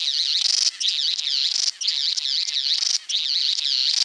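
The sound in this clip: Satin bowerbird song, rapid churring warbles in loud bursts separated by short pauses.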